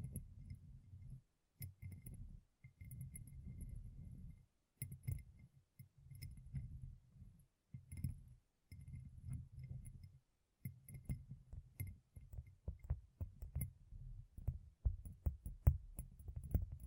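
Gem-covered fingertips tap and scratch in short bursts, each a dull low rustle lasting about a second with brief silent gaps between. Faint bright clicks and tinkles ride on top, growing busier and sharper in the last six seconds.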